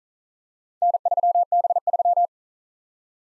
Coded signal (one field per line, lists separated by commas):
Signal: Morse code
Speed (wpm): 41 wpm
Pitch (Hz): 700 Hz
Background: none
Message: N3B3